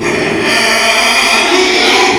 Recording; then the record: squeal of a Yucatan mini pig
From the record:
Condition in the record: after surgery on the right vocal fold (resection and tissue-engineered implant); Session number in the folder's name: 2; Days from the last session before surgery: 13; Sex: male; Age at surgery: 12 weeks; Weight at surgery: 13 kg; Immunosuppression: cyclosporine, prednisolone